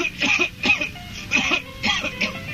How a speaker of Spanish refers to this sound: y déjate de toser.